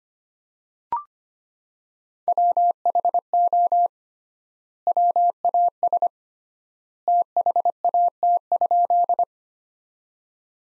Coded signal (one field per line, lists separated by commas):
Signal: Morse code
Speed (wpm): 25 wpm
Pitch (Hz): 700 Hz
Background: none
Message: WHO WAS THAT?